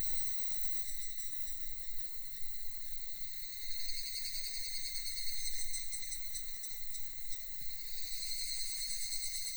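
Cicada call, a continuous high buzzing drone over a low rumbling background hiss.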